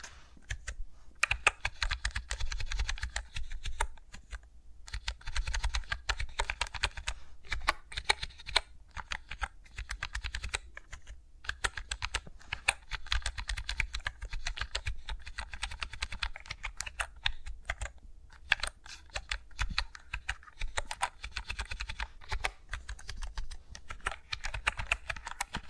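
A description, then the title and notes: Fingers tap and rustle steadily on a computer keyboard, a dense run of quick, crisp clicks with only brief pauses near 4.5 and 18 seconds. The taps are bright and sharp, over a soft low rumble that persists throughout. No voice is heard. ASMR with Mics Around My Fingers (No Talking).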